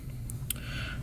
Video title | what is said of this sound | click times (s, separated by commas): How to deep clean and modify Andis Slim line Pro Li / Tutorial (HD) | snap into place boom now you have okay your blade blade | 0.3 s, 0.5 s